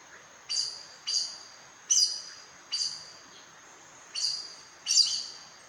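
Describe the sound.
Aracari call series, six sharp, high notes in a loose rhythm, each ending with a short fade.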